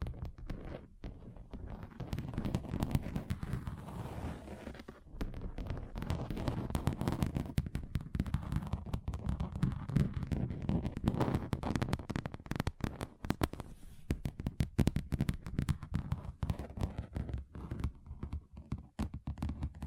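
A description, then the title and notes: Fingers tap rapidly and unevenly on a table, producing dense, sharp clicks and knocks over a low, thudding body throughout, dry. ASMR Relaxing Table Tapping Different Surfaces (No Talking).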